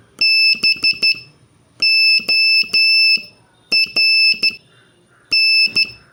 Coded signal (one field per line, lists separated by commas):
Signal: Morse code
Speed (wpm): 12 wpm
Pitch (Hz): 2650 Hz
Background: none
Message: BORN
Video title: Morse Code Practice Session 7